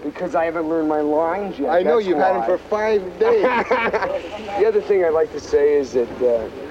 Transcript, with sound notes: Because I haven't learned my lines yet, that's why.
I know you've had them for five days.
(Laughter) The other thing I'd like to say is that...